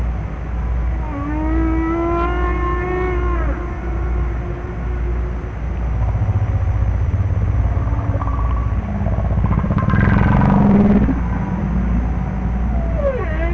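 Whale calls: loud, harmonic tonal calls that rise and fall, with buzzy pulsed sounds, a steady low rumble, and a sweeping descending call near the end.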